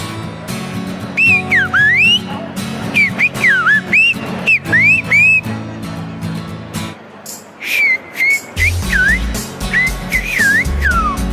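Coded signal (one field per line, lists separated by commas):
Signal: whistled language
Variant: Silbo Gomero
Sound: loud piercing whistles rising and falling in short gliding phrases, separated by brief pauses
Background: background music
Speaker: what makes silva gomero very different is that it's entirely made up of whistling sounds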